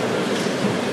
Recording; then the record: background sound without coughing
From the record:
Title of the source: Office Sounds Ambience - Background Noise for Study and Work